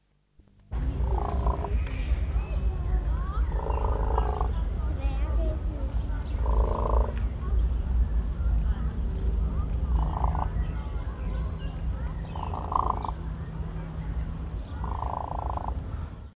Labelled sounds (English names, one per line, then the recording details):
Sarus Crane call
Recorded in captivity
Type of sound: call
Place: Zoo Zürich, CH
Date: 1968-08-05
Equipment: Halbspur, 9,5 cm/s
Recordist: Lütgens, Hans
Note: Ablösung am Nest. Zoo Zürich